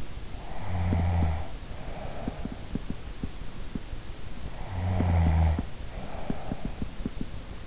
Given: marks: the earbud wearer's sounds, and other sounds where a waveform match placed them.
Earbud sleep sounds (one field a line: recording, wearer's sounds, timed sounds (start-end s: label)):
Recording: sounds in sleep by an in-ear microphone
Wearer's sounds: snoring breath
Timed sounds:
0.29-2.92 s: snoring breath
4.33-7.67 s: snoring breath